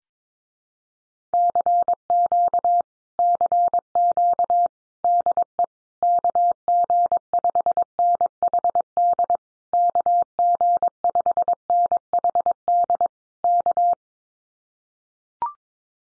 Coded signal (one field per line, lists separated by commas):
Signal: Morse code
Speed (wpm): 22 wpm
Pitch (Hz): 700 Hz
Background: none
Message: CQ CQ DE KG5NHD KG5NHD K